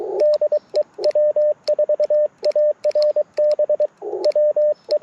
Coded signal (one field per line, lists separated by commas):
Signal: Morse code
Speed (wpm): 23 wpm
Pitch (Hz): 600 Hz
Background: radio noise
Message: DE W4ARB WE